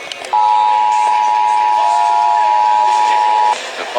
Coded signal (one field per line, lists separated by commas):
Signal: Emergency Alert System (SAME) tones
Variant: 853 and 960 Hz attention tone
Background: speech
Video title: Missouri Statewide Test // 07-21-26 (EAS 257-260)